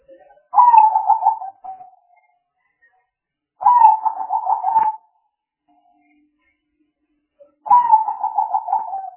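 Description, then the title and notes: Spotted dove: three pulsed, throaty coo phrases with a slight downward trail, repeated every three to four seconds. Compilation of spotted dove calls intended as lure sounds for trapping. "Pikat Burung Tekukur. Kumpulan suara burung tekukur"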